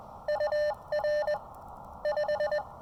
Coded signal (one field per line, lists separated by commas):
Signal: Morse code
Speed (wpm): 20 wpm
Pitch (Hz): 600 Hz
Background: none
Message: UR 5